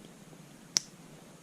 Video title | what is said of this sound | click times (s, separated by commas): HBX PROTECTOR Tutorial Servo Saver, Steering Posts, Steering Ackerman Plate Replacement | to snap that linkage on to that ball stud | 0.8 s